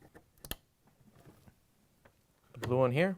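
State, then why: Seated. A red wire harness connector is pushed onto its header on a Samsung power control board (DA92-00215C) until it locks into place, giving a sharp click at 0.5 s after a couple of faint ticks. Quieter handling sounds follow, then someone talks near the end.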